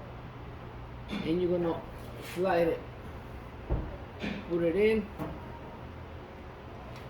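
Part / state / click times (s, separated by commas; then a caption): wiper blade adapter onto windshield wiper arm / not seated / none. A wiper blade adapter is slid onto the windshield wiper arm of a 2012 Nissan Rogue and lined up before being pushed home. Someone talks over it, with brief handling knocks near 3.7 s and 5.2 s. Nothing has clicked or seated yet.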